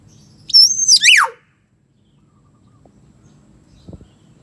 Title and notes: Kicau Burung Beo